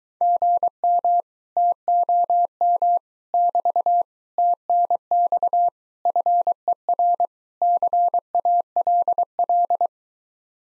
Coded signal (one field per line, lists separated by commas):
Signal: Morse code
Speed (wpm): 23 wpm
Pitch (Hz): 700 Hz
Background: none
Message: GM TOM <BT> TNX FER CALL